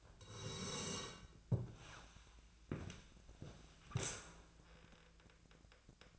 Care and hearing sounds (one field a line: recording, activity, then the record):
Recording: daily activity, microphone in the room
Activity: sit down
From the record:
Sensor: 2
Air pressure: 1000.4 hPa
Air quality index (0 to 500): 160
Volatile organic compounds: 3 ppm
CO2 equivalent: 1335 ppm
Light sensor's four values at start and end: 9/18/8/9 and 9/20/9/9